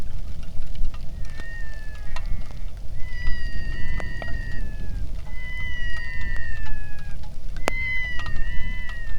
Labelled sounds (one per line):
loon
wind
rain